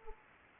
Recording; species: mosquito wingbeat signal from an infrared sensor; Anopheles gambiae